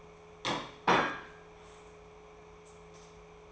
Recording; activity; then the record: daily activity, microphone in the room; place plate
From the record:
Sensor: 1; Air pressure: 1015.1 hPa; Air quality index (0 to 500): 200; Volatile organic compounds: 25 ppm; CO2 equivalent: 2826 ppm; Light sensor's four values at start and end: 21/51/21/25 and 18/45/19/22